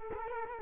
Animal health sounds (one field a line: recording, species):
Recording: mosquito wingbeat signal from an infrared sensor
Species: Culex quinquefasciatus